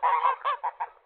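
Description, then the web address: Goose honking: several nasal honks, the first ones longer and the later ones shorter, each dropping off quickly. "Daddy Chronic soundarchiv entry 15 goose"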